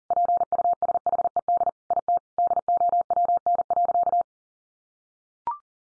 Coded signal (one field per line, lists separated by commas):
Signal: Morse code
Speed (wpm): 40 wpm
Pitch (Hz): 700 Hz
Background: none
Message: PUSHED IT DOWN.